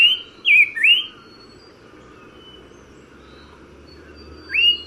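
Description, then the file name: Black-breasted thrush song, a few quick whistled notes, then a long pause and another rising whistle, with constant low background noise. Nagaland, India. "Black-breasted-Thrush Turdus-dissimilis Nagaland"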